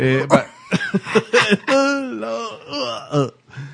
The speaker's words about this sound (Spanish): Después que tose, un momento.